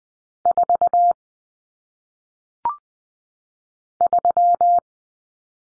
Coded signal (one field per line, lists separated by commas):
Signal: Morse code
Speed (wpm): 20 wpm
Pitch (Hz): 700 Hz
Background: none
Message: 4 3